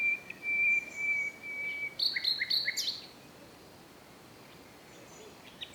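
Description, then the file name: Common nightingale song opening with a long, steady pure whistle, then a quick cluster of sharp notes, followed by a few seconds of near silence. "Luscinia megarhynchos"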